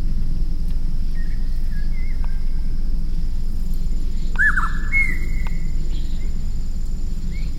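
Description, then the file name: Grey-sided scimitar babbler giving one clear curved whistle followed by a level higher note, with fainter similar notes earlier, over constant low background rumble. Endemic to southeast China; recorded in Jiangxi, China, in November. "babbler-grey-sided-scimitar Pomatorhinus-swinhoei"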